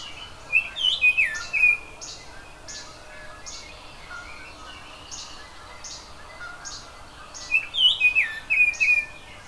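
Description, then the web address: Oriole giving two rich whistled phrases, one near the start and one near the end, with high ticks repeating steadily in between. "zoology oriole"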